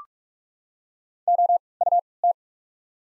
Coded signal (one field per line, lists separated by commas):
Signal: Morse code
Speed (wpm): 48 wpm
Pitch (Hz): 700 Hz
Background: none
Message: OUT